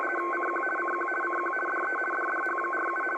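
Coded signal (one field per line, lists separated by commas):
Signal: RTTY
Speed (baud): 50 baud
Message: CQ CQ CQ DE DDH47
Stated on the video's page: Received on a Tecsun S-2200x with an end-fed antenna and internal loop.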